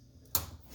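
A tool pries a hard-to-remove retaining plug or clip out of the rear body panel of a 2011 Hyundai Santa Fe during a trailer wiring harness installation. After a faint scrape, a sharp click at 0.35 s marks the clip letting go, followed by a short rattle as it is released and comes out.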